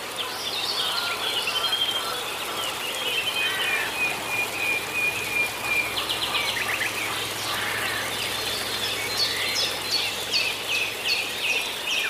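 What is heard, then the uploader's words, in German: Many birds sing and chirp over a steady hiss of water, with bright, rapid trills and whistled notes overlapping throughout. Morgenstimmung am Reinheimer Teich. Die Wassergeräusche und Vogelstimmen.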